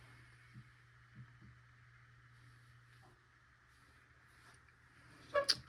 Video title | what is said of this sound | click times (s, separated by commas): MSI GS66 Stealth first look - Should you buy a 6 year old gaming laptop? | So, that's going to be a problem. That screw stripped out. | 5.5 s